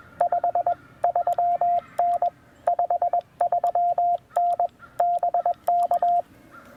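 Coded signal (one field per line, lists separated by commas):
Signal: Morse code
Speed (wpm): 20 wpm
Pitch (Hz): 700 Hz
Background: none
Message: 53N 53N BK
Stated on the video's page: Morse sent with a double paddle on a Penntek TR-45L during a POTA park activation, using a 40-meter end-fed half-wave antenna and battery power.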